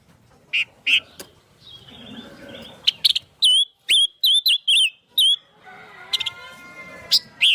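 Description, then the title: Spiderhunter song: a sequence of clear, looping whistled notes repeated quickly, with short sharp chips before and softer warbling after. Long, clear, chatty singing (gacor) used to train birds. "Pijantung Gunung Gacor Jernih Panjang"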